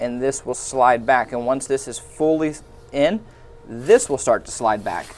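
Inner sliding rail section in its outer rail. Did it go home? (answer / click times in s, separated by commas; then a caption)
no / none. Someone talks while handling the inner sliding rail section in its outer rail for a Dell PowerEdge R6525 server, with the release button pushed so the extended inner rail can slide back. Faint rubbing under the speech is the only other sound. Nothing has seated or clicked yet.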